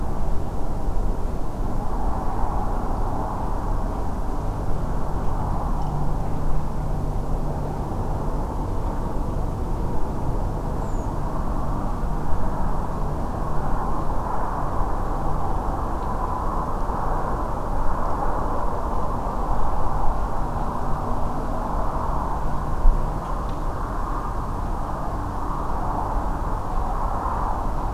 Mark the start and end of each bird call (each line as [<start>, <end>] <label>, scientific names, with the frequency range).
[10.81, 11.05] Turdus iliacus (6.5-7.9 kHz)